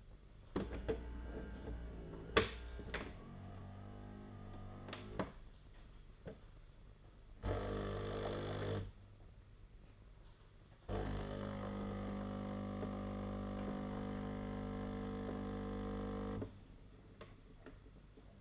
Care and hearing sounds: daily activity, microphone in the room; typing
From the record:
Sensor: 4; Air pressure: 992.6 hPa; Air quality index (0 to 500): 137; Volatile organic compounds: 62 ppm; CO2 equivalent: 3435 ppm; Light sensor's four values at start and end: 19/66/24/25 and 19/66/24/25

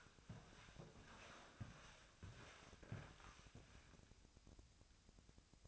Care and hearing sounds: daily activity, microphone in the room; walk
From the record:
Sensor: 2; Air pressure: 1000.4 hPa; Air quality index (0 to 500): 166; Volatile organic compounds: 3 ppm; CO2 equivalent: 1390 ppm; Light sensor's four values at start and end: 14/37/15/17 and 14/38/15/17

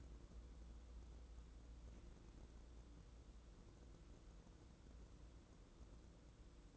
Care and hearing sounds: daily activity, microphone in the room; wipe stove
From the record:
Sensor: 3

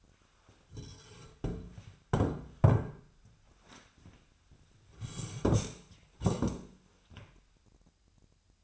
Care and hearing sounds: daily activity, microphone in the room; sit down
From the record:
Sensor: 2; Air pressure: 1007.8 hPa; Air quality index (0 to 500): 179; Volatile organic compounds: 10 ppm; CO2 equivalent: 2203 ppm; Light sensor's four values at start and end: 10/24/10/10 and 10/23/10/10

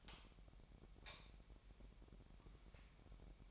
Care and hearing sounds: daily activity, microphone in the room; light on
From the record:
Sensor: 1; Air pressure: 1012.0 hPa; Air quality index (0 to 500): 230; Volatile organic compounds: 6 ppm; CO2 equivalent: 1838 ppm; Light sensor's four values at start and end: 13/32/13/15 and 17/47/19/21

